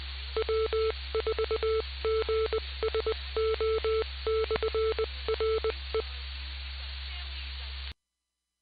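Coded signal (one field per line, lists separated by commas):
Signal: Morse code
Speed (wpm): 20 wpm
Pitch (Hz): 440 Hz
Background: none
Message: W4GSO/R E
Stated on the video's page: Received on a HackRF One with HDSDR software; own transmitted signal overloaded the receiver.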